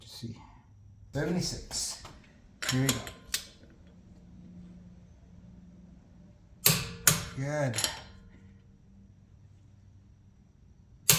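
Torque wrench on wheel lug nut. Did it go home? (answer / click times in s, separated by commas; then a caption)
yes / 11.1 s. A click-type torque wrench set to 76 tightens a lug nut on a car wheel while someone talks. The wrench clicks sharply at its setting at 11.1 s, confirming the lug nut has reached its torque.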